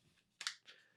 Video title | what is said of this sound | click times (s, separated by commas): DJI Tello Drone Batteries Overview | Once they click, you hear it click nicely. It's not going anywhere. | 0.4 s, 0.5 s